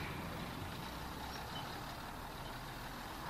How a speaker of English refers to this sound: The bus left from in front of the hotel.